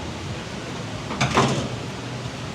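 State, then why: Not seated. A too-short plastic zip tie is pulled around a repaired melted wiring harness on a Dodge Dakota 3.7 engine. Over steady background noise, a brief rasping burst of the tie sliding is heard between about 1.2 and 1.6 s. The tie fails to catch on this try, and nothing has clicked or seated yet.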